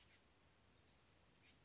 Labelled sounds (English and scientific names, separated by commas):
Chestnut-backed Chickadee (Poecile rufescens)